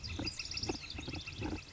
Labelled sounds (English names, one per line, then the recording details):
Northern Flicker
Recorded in Sonoma County, California